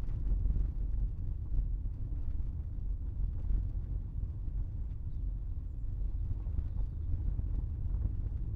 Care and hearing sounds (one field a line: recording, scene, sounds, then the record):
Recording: everyday scene through a hearing-aid microphone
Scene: in a vehicle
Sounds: engine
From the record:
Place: Berlingo II, diesel engine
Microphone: behind the ear, right, front